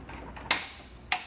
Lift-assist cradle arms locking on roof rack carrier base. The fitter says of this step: until you hear those two clicks